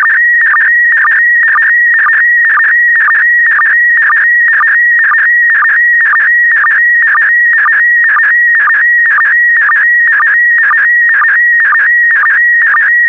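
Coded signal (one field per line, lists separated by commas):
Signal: SSTV (slow-scan television)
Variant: PD120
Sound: continuous warbling tone around 1.5 to 2.3 kHz with short low blips twice a second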